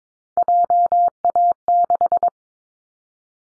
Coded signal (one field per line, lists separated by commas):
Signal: Morse code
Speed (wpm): 22 wpm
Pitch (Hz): 700 Hz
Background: none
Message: JA6